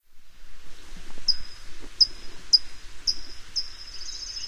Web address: Songs of Birds of North America Know Your Bird Sounds Common Western Species. California Towhee